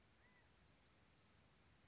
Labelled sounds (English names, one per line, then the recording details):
California Quail
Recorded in Sonoma County, California